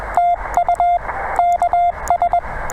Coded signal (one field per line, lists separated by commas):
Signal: Morse code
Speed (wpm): 19 wpm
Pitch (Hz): 700 Hz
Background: radio noise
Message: TU KS